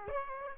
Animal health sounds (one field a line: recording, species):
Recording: mosquito wingbeat signal from an infrared sensor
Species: Aedes aegypti